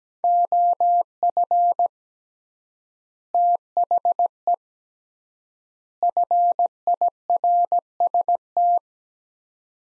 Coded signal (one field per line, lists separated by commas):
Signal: Morse code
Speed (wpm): 17 wpm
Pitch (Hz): 700 Hz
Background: none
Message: OF THE FIRST